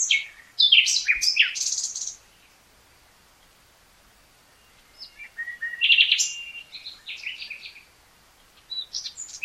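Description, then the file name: Common nightingale song: a loud burst of varied sharp notes, a quiet gap of a few seconds, then a run of chirps and trills. "Luscinia megarhynchos"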